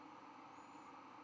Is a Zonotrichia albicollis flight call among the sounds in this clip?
no